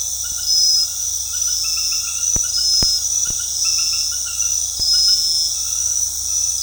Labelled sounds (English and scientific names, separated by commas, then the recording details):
none
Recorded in dense forest near Puerto Asís, Putumayo, Colombia, on 21 February 2024 at 21:00
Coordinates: 0.485, -76.322
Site G6406